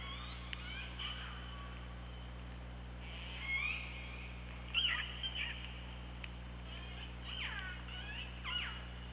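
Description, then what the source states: Killer whale calls underwater: several short squeaky upswept and bending tones scattered throughout, over a steady low hum. Recorded on the OrcaLab hydrophone, 24 August 2017 at 15:19.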